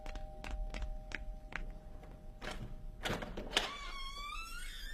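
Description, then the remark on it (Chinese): A series of sharp clicks and knocks, like a latch and handle being worked, followed by a door swinging open for an arriving visitor with a rising creak-like tone and a brief rattling thunk. “哎，来人了吗？ 开门去。”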